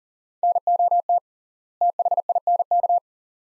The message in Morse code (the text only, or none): NOT THINK